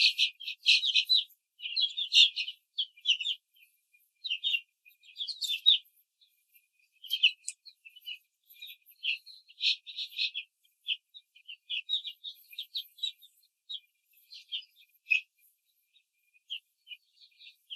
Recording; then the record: young laying hens in a cage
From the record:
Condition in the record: control cage, before the stress test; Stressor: none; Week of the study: 4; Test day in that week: 1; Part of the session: 3